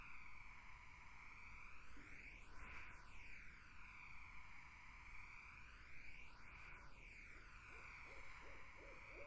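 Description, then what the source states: Barred owl hoots: after a long stretch of swirling background hiss, a short rhythmic series of hoots arrives near the end. Several barred owls in a summer wetland; 8D spatial audio processing.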